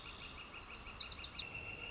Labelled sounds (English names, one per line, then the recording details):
Northern Flicker
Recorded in Sonoma County, California